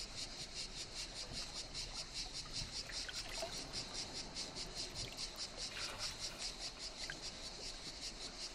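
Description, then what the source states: Cicadas singing in steady, rhythmic buzzy pulses. Cicadas in the morning at the Brégançonnet calanque on the Mediterranean, on the gravel beach at high tide.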